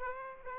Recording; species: mosquito wingbeat signal from an infrared sensor; Aedes aegypti